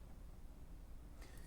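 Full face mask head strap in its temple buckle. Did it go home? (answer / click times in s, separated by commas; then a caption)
no / none. A diving full face mask's head strap is handled at its ratcheting temple buckle, ready to be pulled tight. Only a low, steady handling rumble is heard, with a faint brighter rustle near the end; nothing has seated or clicked yet.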